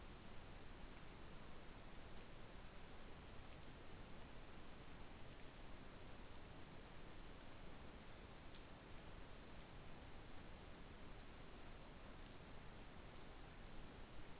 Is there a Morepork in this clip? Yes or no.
no